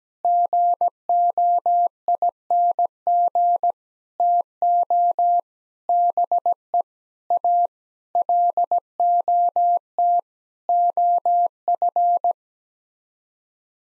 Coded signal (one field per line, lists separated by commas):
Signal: Morse code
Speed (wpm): 17 wpm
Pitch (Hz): 700 Hz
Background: none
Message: GOING TO BE A LOT OF